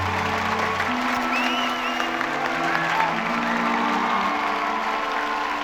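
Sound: students applauding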